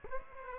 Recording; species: mosquito wingbeat signal from an infrared sensor; Aedes aegypti